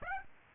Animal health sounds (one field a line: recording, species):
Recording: mosquito wingbeat signal from an infrared sensor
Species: Aedes aegypti